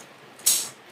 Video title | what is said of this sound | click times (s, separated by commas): Battery Replacement and Charging System Upgrade on a John Deere Gator Peg Perego Ride on Toy | good. A nice click. | 0.5 s